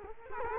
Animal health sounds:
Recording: mosquito wingbeat signal from an infrared sensor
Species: Culex quinquefasciatus

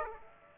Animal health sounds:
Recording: mosquito wingbeat signal from an infrared sensor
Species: Aedes aegypti

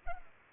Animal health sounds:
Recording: mosquito wingbeat signal from an infrared sensor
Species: Culex pipiens

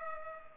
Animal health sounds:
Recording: mosquito wingbeat signal from an infrared sensor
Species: Culex pipiens

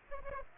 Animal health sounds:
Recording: mosquito wingbeat signal from an infrared sensor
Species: Aedes aegypti

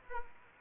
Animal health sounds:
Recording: mosquito wingbeat signal from an infrared sensor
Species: Aedes aegypti

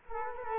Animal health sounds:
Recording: mosquito wingbeat signal from an infrared sensor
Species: Culex quinquefasciatus

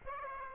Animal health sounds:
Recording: mosquito wingbeat signal from an infrared sensor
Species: Aedes aegypti

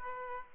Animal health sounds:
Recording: mosquito wingbeat signal from an infrared sensor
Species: Aedes albopictus

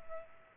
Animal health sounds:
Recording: mosquito wingbeat signal from an infrared sensor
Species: Culex pipiens

